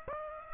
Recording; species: mosquito wingbeat signal from an infrared sensor; Aedes aegypti